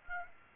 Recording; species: mosquito wingbeat signal from an infrared sensor; Aedes aegypti